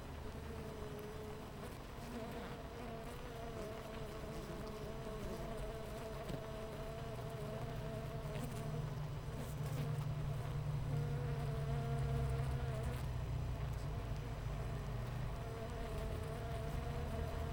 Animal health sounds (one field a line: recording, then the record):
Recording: honeybee colony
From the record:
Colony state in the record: missing queen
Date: 14 July 2017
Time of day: 8:43